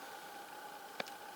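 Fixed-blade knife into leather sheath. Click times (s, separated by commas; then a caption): 1.0 s. A Mora Garberg carbon steel bushcraft knife is pushed into its stock leather sheath against a steady background hiss with faint tonal hum. A single very quiet, short click sounds at 1.0 s as the fixed blade pops into place. The knife is seated in the sheath.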